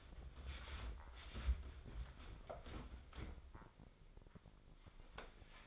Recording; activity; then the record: daily activity, microphone in the room; wipe stove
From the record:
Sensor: 5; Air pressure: 996.2 hPa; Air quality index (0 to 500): 98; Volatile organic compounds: 6 ppm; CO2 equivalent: 1868 ppm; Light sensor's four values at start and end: 32/74/31/33 and 35/82/34/36